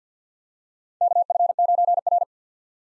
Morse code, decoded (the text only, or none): KF9R